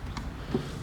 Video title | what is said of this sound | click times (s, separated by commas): 2017 / 2018 Toyota Highlander Limited AWD Review and In Depth Tutorial Best Toyota SUV 3rd Row | and you hear it lock | 0.2 s